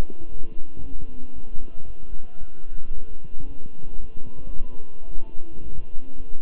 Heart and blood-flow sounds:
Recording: heart sounds by stethoscope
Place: between the tricuspid and mitral areas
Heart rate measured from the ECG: 113 bpm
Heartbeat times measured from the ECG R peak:
0.30 s: heartbeat
0.82 s: heartbeat
1.34 s: heartbeat
1.86 s: heartbeat
2.39 s: heartbeat
2.93 s: heartbeat
3.47 s: heartbeat
4.00 s: heartbeat
4.54 s: heartbeat
5.08 s: heartbeat
5.62 s: heartbeat
6.16 s: heartbeat
From the record:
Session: walking at 3.7 km/h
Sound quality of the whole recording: good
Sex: male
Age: 23 years

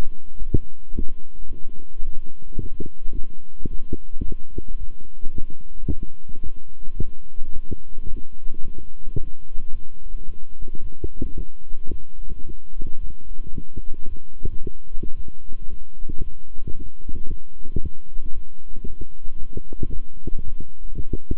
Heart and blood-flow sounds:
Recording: heart sounds by stethoscope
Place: between the tricuspid and mitral areas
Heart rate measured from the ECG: 111 bpm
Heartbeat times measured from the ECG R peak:
0.37 s: heartbeat
0.91 s: heartbeat
1.47 s: heartbeat
2.03 s: heartbeat
2.58 s: heartbeat
3.13 s: heartbeat
3.69 s: heartbeat
4.24 s: heartbeat
4.78 s: heartbeat
5.33 s: heartbeat
5.87 s: heartbeat
6.42 s: heartbeat
6.97 s: heartbeat
7.52 s: heartbeat
8.06 s: heartbeat
8.61 s: heartbeat
9.16 s: heartbeat
9.70 s: heartbeat
10.25 s: heartbeat
10.80 s: heartbeat
11.35 s: heartbeat
11.90 s: heartbeat
12.44 s: heartbeat
12.99 s: heartbeat
13.53 s: heartbeat
14.07 s: heartbeat
14.61 s: heartbeat
15.15 s: heartbeat
15.69 s: heartbeat
16.22 s: heartbeat
16.74 s: heartbeat
17.27 s: heartbeat
17.80 s: heartbeat
18.33 s: heartbeat
18.86 s: heartbeat
19.38 s: heartbeat
19.91 s: heartbeat
20.43 s: heartbeat
20.94 s: heartbeat
From the record:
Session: walking at 3.7 km/h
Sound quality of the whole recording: good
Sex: male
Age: 26 years

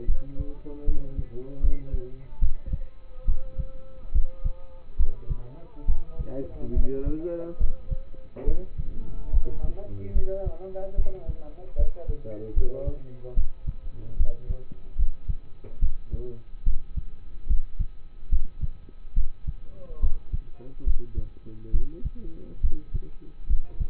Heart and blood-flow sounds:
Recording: heart sounds by stethoscope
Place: between the tricuspid and mitral areas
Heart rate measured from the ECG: 72 bpm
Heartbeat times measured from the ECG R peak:
0.06 s: heartbeat
0.85 s: heartbeat
1.61 s: heartbeat
2.40 s: heartbeat
3.26 s: heartbeat
4.12 s: heartbeat
4.97 s: heartbeat
5.86 s: heartbeat
6.74 s: heartbeat
7.58 s: heartbeat
8.45 s: heartbeat
9.31 s: heartbeat
10.13 s: heartbeat
10.96 s: heartbeat
11.76 s: heartbeat
12.54 s: heartbeat
13.35 s: heartbeat
14.17 s: heartbeat
14.96 s: heartbeat
15.80 s: heartbeat
16.64 s: heartbeat
17.47 s: heartbeat
18.30 s: heartbeat
19.14 s: heartbeat
20.00 s: heartbeat
20.84 s: heartbeat
21.72 s: heartbeat
22.61 s: heartbeat
23.47 s: heartbeat
From the record:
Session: rest, lying down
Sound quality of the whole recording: partially saturated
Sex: male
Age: 27 years

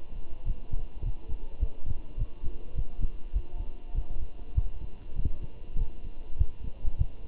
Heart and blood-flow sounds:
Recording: heart sounds by stethoscope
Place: between the tricuspid and mitral areas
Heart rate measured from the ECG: 101 bpm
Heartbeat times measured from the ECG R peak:
0.46 s: heartbeat
1.04 s: heartbeat
1.61 s: heartbeat
2.18 s: heartbeat
2.76 s: heartbeat
3.34 s: heartbeat
3.95 s: heartbeat
4.55 s: heartbeat
5.16 s: heartbeat
5.78 s: heartbeat
6.39 s: heartbeat
6.99 s: heartbeat
From the record:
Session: walking at 3.7 km/h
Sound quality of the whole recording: good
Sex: male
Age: 23 years

